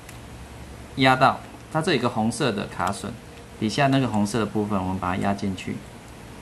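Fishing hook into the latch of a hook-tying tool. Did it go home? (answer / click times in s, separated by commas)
no / none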